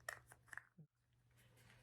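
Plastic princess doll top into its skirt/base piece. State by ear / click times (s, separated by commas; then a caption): seated / 0.1 s. The top half of a small plastic princess figure from a surprise egg is pressed into its skirt/base piece, snapping into place with a sharp, loud click at 0.1 s to form a little doll. Softer plastic clicks follow at about 0.5 and 0.6 s over a steady low hum, with a brief dull thump near 0.8 s before the sound fades to quiet handling noise.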